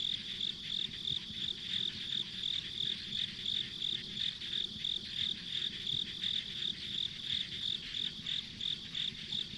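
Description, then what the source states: Insect calls form a shrill, regular chirping, about three pulses each second, above a steady whirring background. Ambient insect sounds on a country road.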